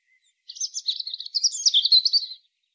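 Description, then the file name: European robin singing one continuous, high, rapid twittering phrase of varied thin notes lasting about two seconds. "Erithacus rubecula"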